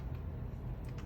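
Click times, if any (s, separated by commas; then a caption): none. A plastic tubing cassette, its arrow pointing in, is being handled and pushed toward the cassette slot of a Belmont rapid infuser pump. Only a steady low rumble with a few faint soft rustles is heard. Nothing has seated or clicked yet.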